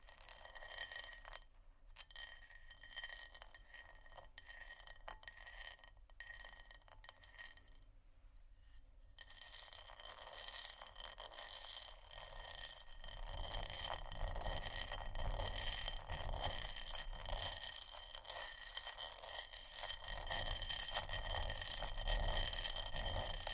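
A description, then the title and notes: Glass and bamboo are tapped and scratched in a quick, busy patter of clicks and clinks, with ringing bright tones. The first nine seconds are sparse, with brief gaps. After that the sound thickens and grows louder, with denser scraping and water-like rustle from about 13 seconds. Tapping, water, scratching, glass, bamboo, etc(No Talking).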